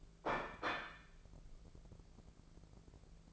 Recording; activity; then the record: daily activity, microphone in the room; place plate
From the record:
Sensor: 5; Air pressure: 1015.2 hPa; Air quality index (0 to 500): 205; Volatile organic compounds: 10 ppm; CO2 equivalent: 2252 ppm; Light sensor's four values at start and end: 53/125/51/53 and 53/125/51/53